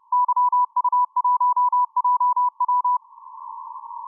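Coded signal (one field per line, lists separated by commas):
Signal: Morse code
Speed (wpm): 32 wpm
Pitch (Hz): 990 Hz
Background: none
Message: YU1JW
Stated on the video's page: Morse heard on the 10-metre band.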